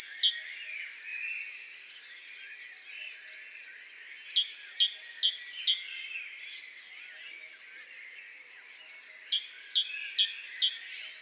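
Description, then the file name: Great tit calls in rapid repeated bursts of high, sharp notes, three runs separated by pauses, over softer chirping from other birds. "Parus major"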